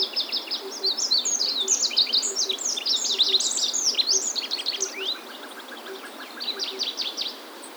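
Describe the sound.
Olive-backed pipit: a long fast run of high, sharp, slurred notes and trills, fading after five seconds to a softer final phrase.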